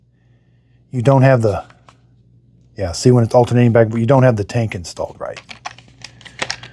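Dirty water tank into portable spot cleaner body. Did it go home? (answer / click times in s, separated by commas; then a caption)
yes / 6.4 s, 6.5 s. A plastic dirty water tank is fitted into the body of a Shark StainForce portable spot cleaner after the status light alternated because no tank was installed; the bottom hook goes in first and the tank is rotated up. Someone talks, then light plastic handling taps follow, and the tank clicks into place at 6.4 and 6.5 seconds, seated.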